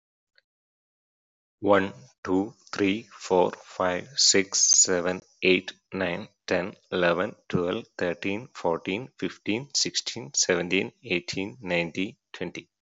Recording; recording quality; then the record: counting at a normal pace; excellent, no background noise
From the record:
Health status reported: healthy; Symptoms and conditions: none ticked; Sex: male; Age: 35 years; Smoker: not ticked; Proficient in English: yes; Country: India